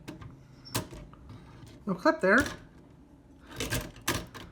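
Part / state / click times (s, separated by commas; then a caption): carriage retaining clip engaging the typewriter carriage mechanism / seated / 4.1 s. Someone talks while refitting the carriage on an antique Oliver typewriter, and the spring retaining clip clicks into place at 4.1 s as it engages the mechanism in the carriage. The click is the loudest sharp hit in the clip, and the carriage is seated.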